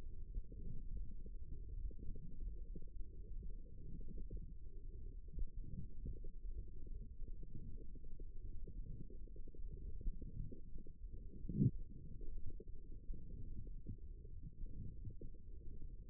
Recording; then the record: forearm muscle sounds (acoustic myography)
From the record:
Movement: forearm supination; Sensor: system 1, eight BSWA MPA416 microphones around the upper forearm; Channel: 2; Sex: female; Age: 22 years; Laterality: right